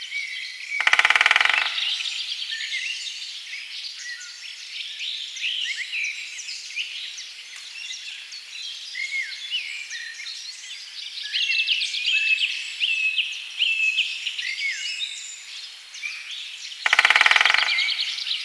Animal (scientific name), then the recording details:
Dendrocopos major. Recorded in the wild. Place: Lilienhof / Kaiserstuhl, Baden-Württemberg, DE. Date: 2003-03-02. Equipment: MiniDisc Sharp MT 20 H, Sennheiser MKH 816. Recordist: Schwarz, Dieter. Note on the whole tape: Drumming